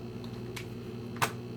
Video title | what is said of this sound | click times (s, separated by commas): PVC FULL SIZE - Handgun RETENTION Holster with Belt Loops | there's a click. | 0.6 s